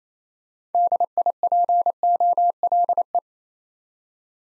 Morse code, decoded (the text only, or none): DIPOLE